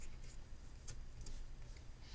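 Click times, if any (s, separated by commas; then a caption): none. The proximity sensor and microphone flex assembly of an iPhone 13's top speaker and sensor assembly is handled and pressed down toward its spot in the phone's top housing during reassembly. Soft handling noise and brief high-frequency ticks are heard, including a short transient around 1.2–1.3 s. Nothing has seated or clicked into place yet.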